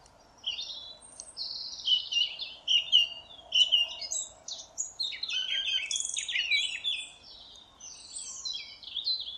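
Song thrush song with a short ringing phrase repeated three times, followed by a rich, jumbled stream of high, scratchy and whistled notes; faint steady background hiss.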